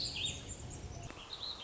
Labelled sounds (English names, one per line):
Warbling Vireo